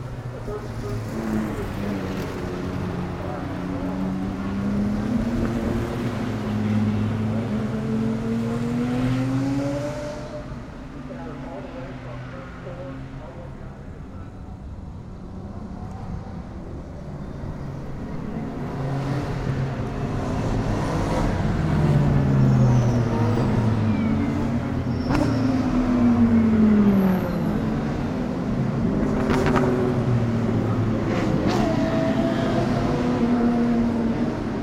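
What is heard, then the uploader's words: Race cars roar around a road course, their engines climbing and falling in pitch as they accelerate, shift and pass. The sound dips for a few seconds near the ten-second mark, then builds again and stays loud and crowded through the end. The Sounds of World Challenge GT at Mid-Ohio 2016. An ambient audio feature of the Pirelli World Challenge GT series race at Mid-Ohio with McLarens, Nissans, Acuras, Audis, Cadillacs, Porsches, and more amazing GT3 machinery went wild around the beloved road course.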